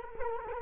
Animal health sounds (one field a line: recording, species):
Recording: mosquito wingbeat signal from an infrared sensor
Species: Culex quinquefasciatus